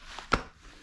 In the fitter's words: it clicks into place and now the seat is in an upright position